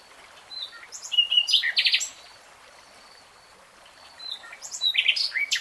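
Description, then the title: Nightingale song in two phrases: buzzy, harsh chattering notes and whistles, a gap of quiet, then a second rattling, varied phrase. Nightingale singing, recorded in real time. "[Tiếng chim hót] 3 Hours REALTIME Nightingale Singing"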